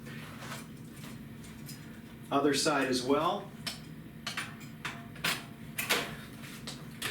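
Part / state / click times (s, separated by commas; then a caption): footrest into wheelchair frame / seated / 5.2 s, 5.8 s. Someone talks, then the footrest on the other side of a wheelchair is fitted into the frame and swung into place, giving a series of metallic clicks and knocks. It locks in with clicks at 5.3 s and 5.8 s, and the footrest is confirmed seated and locked.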